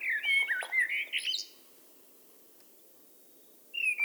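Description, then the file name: Eurasian blackbird song: a mellow fluted warble with a twittering high flourish, then silence before a new phrase begins near the end. "Turdus merula"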